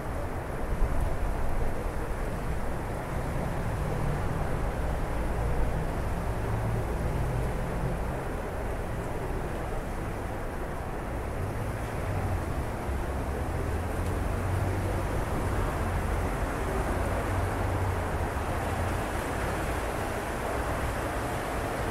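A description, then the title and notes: A city at night gives off a steady, dense low rumble, likely traffic and machinery, with little change over the whole stretch. A faint hum sits underneath, and the upper range stays dull, with a slightly louder swell around the first few seconds. CITY AMBIENCE AT NIGHT. The sounds of the city at night, with an emphasis on ambient noise.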